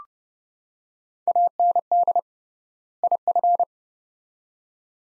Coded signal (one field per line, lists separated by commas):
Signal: Morse code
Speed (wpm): 30 wpm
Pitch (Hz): 700 Hz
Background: none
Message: AND IF